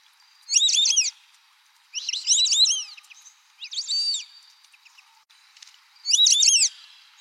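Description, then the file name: White-faced whistling duck giving four bursts of shrill, multi-note whistles, each a rapid rising-falling phrase, spaced roughly one to two seconds apart, otherwise quiet. "canto do irere"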